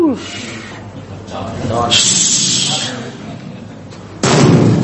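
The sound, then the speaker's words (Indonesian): A voice imitates fireworks with a rising whistle, then a long, breathy hiss of launching, followed moments later by a second loud, rushing burst. “Sekarang ada teknik bagaimana supaya api itu bisa naik ke langit.”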